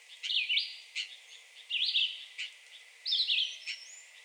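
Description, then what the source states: Red-eyed Vireo song, three short slurred whistled phrases in quick succession, with a few faint sharp clicks in the background. Recorded 2020-06-02.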